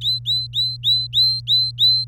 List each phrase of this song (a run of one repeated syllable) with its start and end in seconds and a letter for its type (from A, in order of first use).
0.01-2.07 A